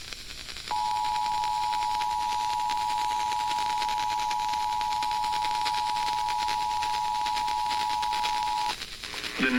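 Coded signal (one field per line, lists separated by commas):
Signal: Emergency Alert System (SAME) tones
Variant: 853 and 960 Hz attention tone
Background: speech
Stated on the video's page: EAS alert on station WJSP.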